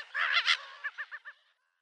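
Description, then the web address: Slender-billed gull calls: a harsh squawking burst followed by four short, evenly spaced nasal notes that fade out. Calls given at the nest. "Schulze Peter Slender-billed Gull calls at-nest"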